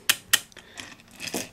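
On an OZ Lifting lever hoist reassembled after brake disc service, the chain is held while the hand wheel is turned, and the brake ratchet pawl gives two sharp, bright clicks at 0.1 s and 0.3 s. Fainter ticks and a brief metallic rustle follow. The clicking shows the hand wheel is down tight and the brake is assembled correctly.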